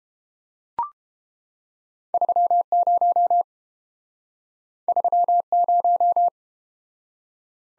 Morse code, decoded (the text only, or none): 30 30